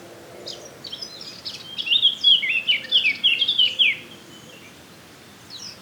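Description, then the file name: Eurasian blackcap song, a short, lively phrase of fast, descending high warbles, followed by near silence. "Sylvia atricapilla"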